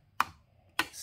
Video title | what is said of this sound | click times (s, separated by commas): Making an Electrochemical Sensor Product - SenseItAll | clicks you can hear that snapping noise so it's making really nice electrical contact | 0.2 s, 0.8 s